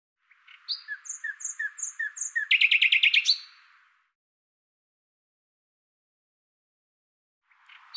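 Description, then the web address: Common nightingale song: a row of short slurred chirps speeding into a loud, rapid trill of repeated notes, then silence before another phrase begins at the end. "Deverinetal 2025"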